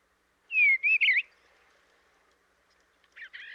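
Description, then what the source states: Eastern Bluebird song: a short burst of soft, warbled whistles under a second long, followed by a fainter, broken phrase near the end. Species declined as nesting habitat disappeared; now recovering thanks to nesting boxes along fence rows and some warmer winters.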